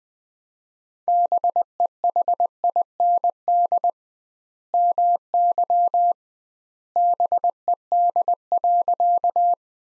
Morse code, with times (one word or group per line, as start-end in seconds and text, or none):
1.1-3.9 BEHIND
4.7-6.1 MY
7.0-9.5 BED.